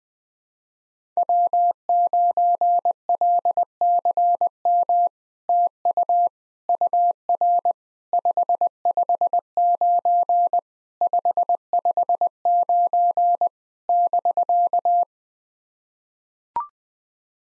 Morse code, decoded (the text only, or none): W9LCM TU UR 559 559 <BK>